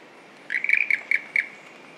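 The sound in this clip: Ischnocnema holti frog giving a quick run of about five sharp, high chirping notes.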